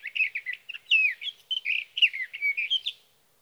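Sage thrasher song with bright slurred whistles and choppy warbled phrases in fast succession, then silence.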